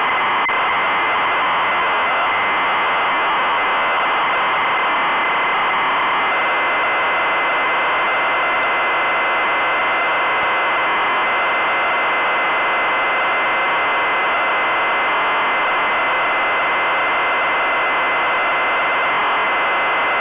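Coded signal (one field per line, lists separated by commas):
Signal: ZX Spectrum tape loading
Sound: continuous harsh buzzing screech of tape data, steady loudness for twenty seconds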